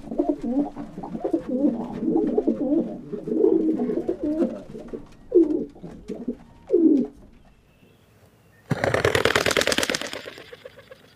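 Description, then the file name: Rock Pigeon giving repeated low, gurgling coos, then a pause, followed by a loud burst of broad noise. Dated 22 June 2004. "2004-06-22 Rock Pigeon"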